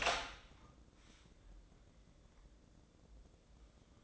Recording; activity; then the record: daily activity, microphone in the room; open door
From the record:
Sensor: 3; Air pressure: 1012.2 hPa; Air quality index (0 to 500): 178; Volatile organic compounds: 3 ppm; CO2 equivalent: 1362 ppm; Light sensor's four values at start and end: 545/1353/558/568 and 541/1345/554/564